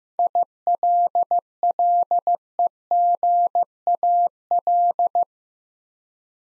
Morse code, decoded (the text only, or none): ILLEGAL